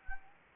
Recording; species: mosquito wingbeat signal from an infrared sensor; Anopheles gambiae